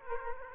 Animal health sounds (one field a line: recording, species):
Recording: mosquito wingbeat signal from an infrared sensor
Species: Aedes aegypti